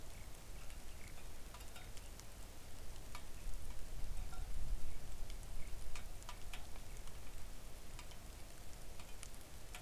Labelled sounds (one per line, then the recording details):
songbird
rain
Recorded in the Arctic National Wildlife Refuge, Alaska, on 3 August 2019 at 05:59
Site 41